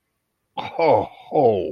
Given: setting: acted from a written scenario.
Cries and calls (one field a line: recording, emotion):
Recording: vocal sound without words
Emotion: awe